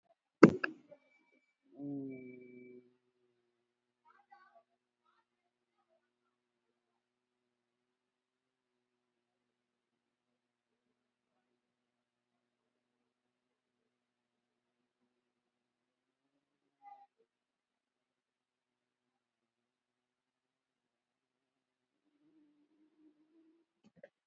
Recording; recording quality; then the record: sustained vowel as in boot; poor, much background noise or distortion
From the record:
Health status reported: COVID-19 positive, moderate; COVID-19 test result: positive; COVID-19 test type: RT-PCR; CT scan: not taken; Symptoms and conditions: cough, cold, muscle pain, hypertension, diabetes, ischaemic heart disease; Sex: male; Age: 57 years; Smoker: yes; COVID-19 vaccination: both doses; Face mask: worn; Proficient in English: yes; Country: India